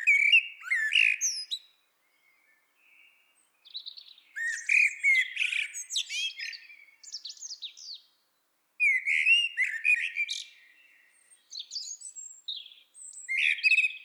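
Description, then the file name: Eurasian blackbird song: low fluted warbles followed by high squeaky twittering, phrases in bursts with short pauses between them. "Turdus merula"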